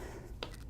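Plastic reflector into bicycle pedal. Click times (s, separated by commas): 0.4 s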